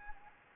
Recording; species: mosquito wingbeat signal from an infrared sensor; Anopheles gambiae